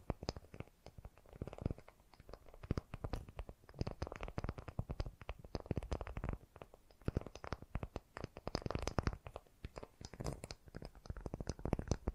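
Fast, gentle tapping runs throughout, a dense stream of quick, light taps with no pauses longer than a moment. The strikes are irregular in rhythm and vary in loudness, some crisp and bright, others softer and duller, with faint crunchy textures mixed in.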